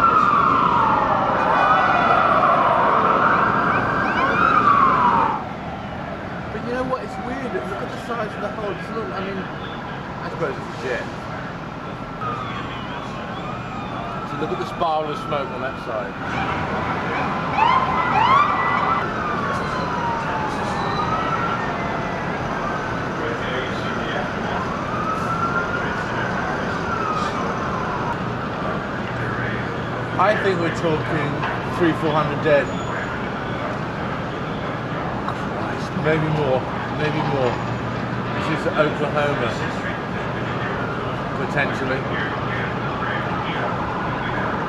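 Emergency vehicle sirens wail, loudest in the first five seconds with a rising and falling tone, then continuing more softly as overlapping sweeps and yelps. A steady low rumble of traffic runs underneath throughout, with scattered voices and short clatters.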